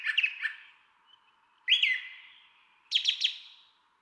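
Brown Thrasher song in three brief bursts: a doubled chirp, a slurred note, then a quick run of three notes.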